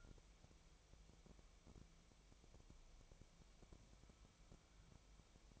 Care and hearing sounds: daily activity, microphone in the room; wipe stove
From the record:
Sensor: 1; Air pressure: 1001.7 hPa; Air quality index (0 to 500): 218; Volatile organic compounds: 27 ppm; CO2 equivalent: 2900 ppm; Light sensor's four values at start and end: 7/28/10/11 and 7/28/10/11

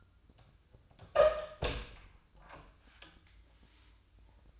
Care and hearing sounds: daily activity, microphone in the room; open door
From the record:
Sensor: 2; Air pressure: 1004.8 hPa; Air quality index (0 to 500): 73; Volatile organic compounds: 1 ppm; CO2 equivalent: 867 ppm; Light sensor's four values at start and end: 7/16/6/7 and 7/16/7/7

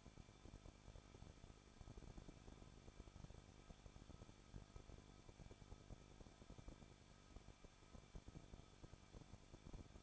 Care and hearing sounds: daily activity, microphone in the room; no activity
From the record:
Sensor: 5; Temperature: 20.7 degrees Celsius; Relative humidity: 38.6%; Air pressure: 1006.4 hPa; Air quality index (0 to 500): 192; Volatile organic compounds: 21 ppm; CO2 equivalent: 2715 ppm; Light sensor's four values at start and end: 2/3/1/1 and 2/3/1/1

